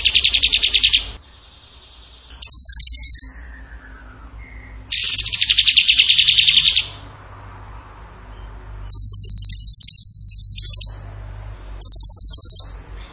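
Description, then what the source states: Bird singing repeated bursts of rapid trilled notes. Some are piercingly high, and others are lower and fuller, with faint softer notes in the gaps. Masteran (training recording for songbirds), in the tembakan gacor song style.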